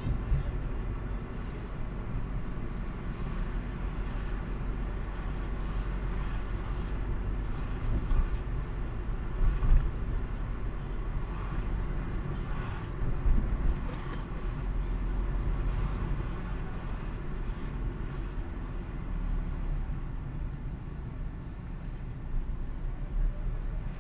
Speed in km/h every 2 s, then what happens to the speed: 36, 35, 35, 36, 36, 35, 34, 34, 33, 29, 20, 19.
0-15 steady at about 35. 15-24 slows to 19.